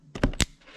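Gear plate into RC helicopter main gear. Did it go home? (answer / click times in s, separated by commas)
yes / 0.2 s, 0.3 s, 0.4 s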